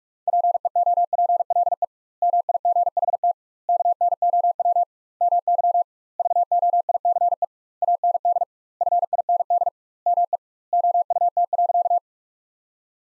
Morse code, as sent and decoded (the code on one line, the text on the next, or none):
.--. . --- .--. .-.. . / -- .. --. .... - / -.- -. --- .-- / -- -.-- / ...- --- .. -.-. . / .- -. -.. / ..-. .. -. -.. / -- . / --- ..- - .-.-.-
PEOPLE MIGHT KNOW MY VOICE AND FIND ME OUT.